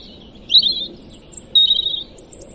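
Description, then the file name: European robin song of short, high, sweet warbled phrases alternating with very high thin notes, over a quiet background. "Erithacus rubecula"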